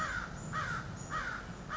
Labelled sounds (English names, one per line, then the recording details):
American Crow
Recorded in Sonoma County, California